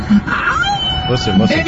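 A dog howls along to a song in drawn-out, wavering high-pitched tones that rise and fall, mixed with a dense, steady background of other sound throughout.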